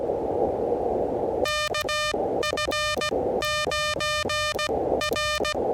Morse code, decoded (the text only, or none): KF9R